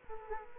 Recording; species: mosquito wingbeat signal from an infrared sensor; Aedes aegypti